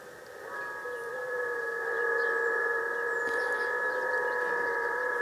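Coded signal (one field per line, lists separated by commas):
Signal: FT8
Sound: dense chorus of many overlapping steady warbling tones filling a narrow audio band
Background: radio static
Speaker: I'm currently on a 20 meter band 58 portion of the band um as you can see it's a 14074 and if I wish to decode the signal I have to go to mode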